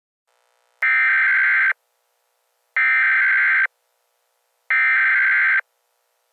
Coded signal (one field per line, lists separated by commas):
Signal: Emergency Alert System (SAME) tones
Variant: header bursts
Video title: EAS Scenario - Friday Night: Crystal Lake Slaughter